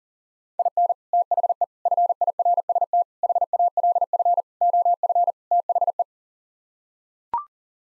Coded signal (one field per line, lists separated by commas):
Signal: Morse code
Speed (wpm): 37 wpm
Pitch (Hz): 700 Hz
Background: none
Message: IN THE FIRST HALF OF THE